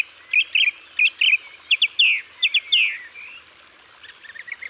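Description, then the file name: Song thrush song, a clear phrase repeated several times in a row, followed by softer quick chirps. Isère, France. "Grive-musicienne-Concerts-naturels-de-l Isere-Studio-Les-Trois-Becs"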